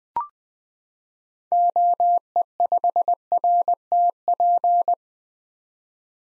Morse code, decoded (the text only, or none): OE5RTP